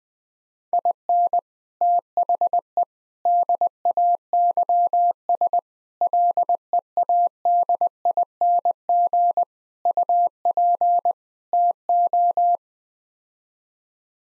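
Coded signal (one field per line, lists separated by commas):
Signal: Morse code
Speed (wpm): 20 wpm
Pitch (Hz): 700 Hz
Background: none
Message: IN THE DAYS LEADING UP TO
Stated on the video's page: Head-copy practice: sets of six-word n-grams sent in Morse at 20 wpm.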